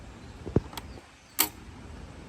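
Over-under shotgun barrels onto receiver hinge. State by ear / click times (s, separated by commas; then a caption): seated / 1.4 s. The metal barrel set of a Kral Arms Tundra 20-gauge over-under shotgun is angled onto the receiver's hinge cylinders while the gun is held crosswise. A few small taps and ticks around 0.6 and 0.8 seconds are followed by a sharp metallic clack at 1.4 seconds as the barrels seat easily onto the receiver.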